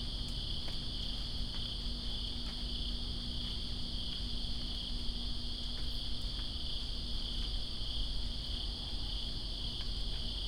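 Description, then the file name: Crickets chirp in an unbroken high trill against steady rain noise, punctuated by irregular drip clicks. Crickets recorded with rain in Greensboro on September 2, 2017. "Greensboro Crickets And Rain September 02 2017"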